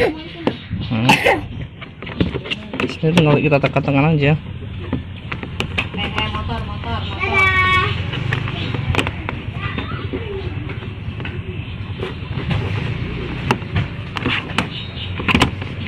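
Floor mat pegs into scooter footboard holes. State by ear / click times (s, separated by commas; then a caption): seated / 5.6 s, 5.8 s, 9.0 s, 13.5 s, 14.6 s, 15.4 s. Plastic pegs on an aftermarket floor mat for a Honda PCX 160 scooter are pressed by hand into the mounting holes in the footboard, with sharp snaps at 5.6, 5.8, 9.0, 13.5, 14.6 and 15.4 seconds as each peg seats in its hole. Someone talks and music plays in the background throughout.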